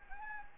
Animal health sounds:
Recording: mosquito wingbeat signal from an infrared sensor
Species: Anopheles gambiae

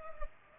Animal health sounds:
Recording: mosquito wingbeat signal from an infrared sensor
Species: Culex pipiens

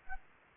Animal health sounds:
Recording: mosquito wingbeat signal from an infrared sensor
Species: Anopheles arabiensis

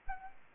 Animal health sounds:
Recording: mosquito wingbeat signal from an infrared sensor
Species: Aedes aegypti

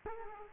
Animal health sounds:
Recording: mosquito wingbeat signal from an infrared sensor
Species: Culex quinquefasciatus

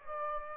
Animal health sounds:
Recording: mosquito wingbeat signal from an infrared sensor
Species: Aedes aegypti

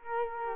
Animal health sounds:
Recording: mosquito wingbeat signal from an infrared sensor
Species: Culex quinquefasciatus

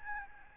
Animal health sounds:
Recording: mosquito wingbeat signal from an infrared sensor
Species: Aedes albopictus

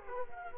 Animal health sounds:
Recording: mosquito wingbeat signal from an infrared sensor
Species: Culex quinquefasciatus

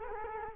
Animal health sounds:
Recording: mosquito wingbeat signal from an infrared sensor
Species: Culex quinquefasciatus

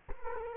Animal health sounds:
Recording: mosquito wingbeat signal from an infrared sensor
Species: Culex quinquefasciatus

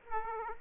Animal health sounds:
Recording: mosquito wingbeat signal from an infrared sensor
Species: Aedes aegypti

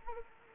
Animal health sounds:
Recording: mosquito wingbeat signal from an infrared sensor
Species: Anopheles arabiensis

